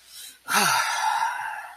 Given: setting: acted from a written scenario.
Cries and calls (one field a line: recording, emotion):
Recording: vocal sound without words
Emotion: confusion